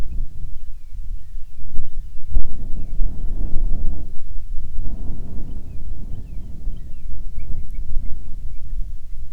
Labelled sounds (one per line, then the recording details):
bird
wind
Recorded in the Prudhoe Bay oil fields, Alaska, on 10 July 2019 at 14:14
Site 14